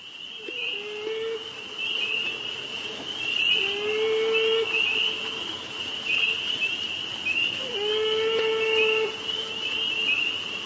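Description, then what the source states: Beaver cries: drawn-out, whining tonal notes with faint harmonics, repeated every few seconds, over a constant high-pitched chirping chorus. Lone male swimming in slow circles, crying out inconsolably for its lost mate and offspring.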